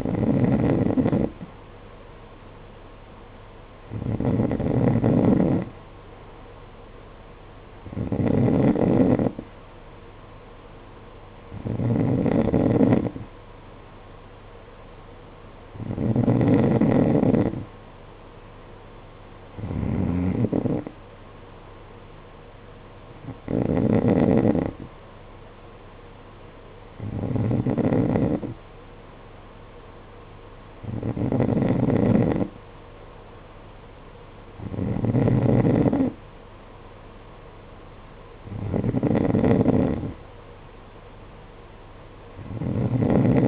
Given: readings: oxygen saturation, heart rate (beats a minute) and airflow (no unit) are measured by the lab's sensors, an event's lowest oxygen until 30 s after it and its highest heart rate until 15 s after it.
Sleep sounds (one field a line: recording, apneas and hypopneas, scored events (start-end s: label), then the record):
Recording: breathing in sleep by a voice recorder at the bedside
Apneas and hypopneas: none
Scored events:
none scored
From the record:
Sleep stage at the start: N2 (light sleep)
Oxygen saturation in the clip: 92%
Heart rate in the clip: 50 to 54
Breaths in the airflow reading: 11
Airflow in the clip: -7.1 to 7.3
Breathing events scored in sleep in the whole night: 476 in 9.7 hours asleep